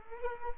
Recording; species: mosquito wingbeat signal from an infrared sensor; Culex quinquefasciatus